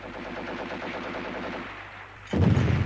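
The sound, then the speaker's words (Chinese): A continuous rumble of enemy artillery fire drawing ever closer, with a rapid, pulsing texture, then a sudden loud, low shell explosion bursts not far away near the end and keeps roaring. “现在已是4:40，敌人的炮声越来越近，炮弹在不远的地方爆炸。”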